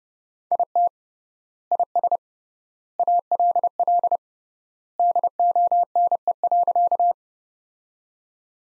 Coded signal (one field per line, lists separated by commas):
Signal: Morse code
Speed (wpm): 29 wpm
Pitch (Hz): 700 Hz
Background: none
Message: IT IS ALL DONE.